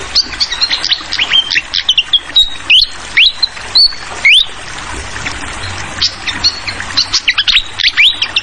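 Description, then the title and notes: Fantail: bright high whistles and rising slurred notes from a fantail, delivered in fast irregular phrases, with a steady trickling-water hiss underneath. Clear fantail song mixed with trickling water, made as a masteran (tutoring recording) for teaching songbirds. "Masteran Sikatan Kipas Suara Jernih Dan Suara Gemericik Air. Suara Burung Sikatan Londo"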